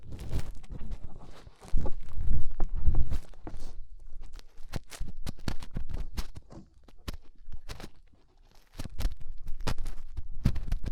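Fingers working inside an ear make a dense run of crackling, rustling rubs with deep muffled thumps underneath. The scratching comes in quick irregular bursts, loudest between about two and four seconds, then continues as sharper separate clicks and scrapes with brief quiet gaps.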